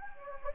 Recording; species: mosquito wingbeat signal from an infrared sensor; Anopheles gambiae